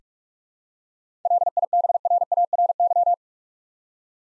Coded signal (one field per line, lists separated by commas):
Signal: Morse code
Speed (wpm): 44 wpm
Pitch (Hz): 700 Hz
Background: none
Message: LIBRARY